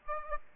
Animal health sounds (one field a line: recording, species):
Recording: mosquito wingbeat signal from an infrared sensor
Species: Aedes aegypti